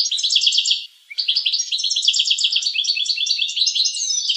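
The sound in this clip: Finch song of quick high twittering notes, briefly pausing under a second in, then resuming as a dense rolling trill.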